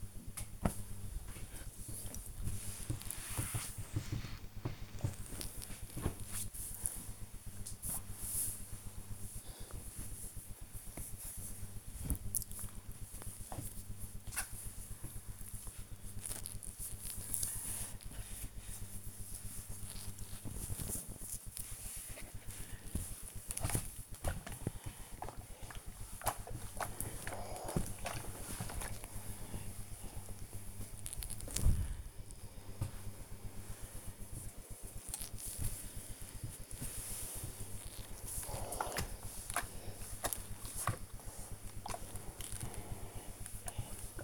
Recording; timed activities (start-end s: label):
household activities, microphone on the right wrist
3.58-44.24 s: ironing laundry